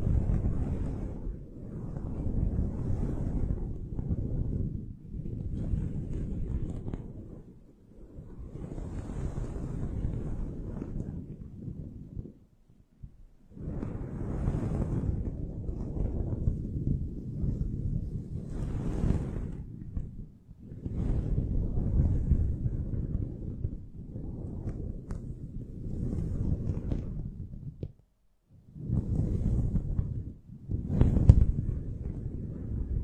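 Muffled rubbing and squeezing of a foam microphone windscreen fills the clip with deep, thumping rumble. It comes in dense strokes lasting a few seconds each, with brief brighter scratchy edges and short near-silent pauses around 8, 13, 20 and 28 seconds.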